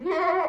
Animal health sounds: contact call of a hoofed animal; goat; low-frequency (closed-mouth) or high-frequency (open-mouth) call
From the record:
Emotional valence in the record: negative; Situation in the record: food frustration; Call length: 0.50 s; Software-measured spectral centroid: 1320 Hz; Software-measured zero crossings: 1530 a second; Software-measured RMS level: -24 dBFS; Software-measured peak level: -12 dBFS

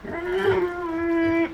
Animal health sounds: contact call of a hoofed animal; wild boar; grunt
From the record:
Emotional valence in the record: negative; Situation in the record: naturally occurring agonistic interactions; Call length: 1.54 s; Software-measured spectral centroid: 1550 Hz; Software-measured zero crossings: 1210 a second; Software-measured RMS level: -23 dBFS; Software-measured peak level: -11 dBFS

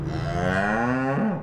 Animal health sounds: contact call of a hoofed animal; cattle; low-frequency (closed-mouth) or high-frequency (open-mouth) call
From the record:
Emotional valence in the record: negative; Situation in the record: full separation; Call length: 1.43 s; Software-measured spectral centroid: 1350 Hz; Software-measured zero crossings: 1170 a second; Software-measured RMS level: -24 dBFS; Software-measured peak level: -11 dBFS

